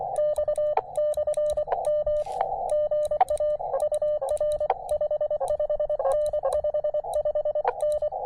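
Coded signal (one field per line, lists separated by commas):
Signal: Morse code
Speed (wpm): 24 wpm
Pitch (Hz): 590 Hz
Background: radio noise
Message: X/M GA UR 55N 55N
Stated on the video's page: POTA and SOTA activation with a KX2 and 17-foot vertical on 20m and 15m, with short-lived huge pileups.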